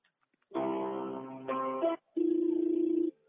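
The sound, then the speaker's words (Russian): On an automated debt-collection call, key 1 is pressed to reach the creditor's representative: a steady electronic phone tone shifts pitch partway through, then breaks off and gives way to a buzzy, evenly pulsing ringing tone lasting about a second. No voices are heard. “Чтобы получить информацию о представителе кредитора, нажмите клавишу 1.”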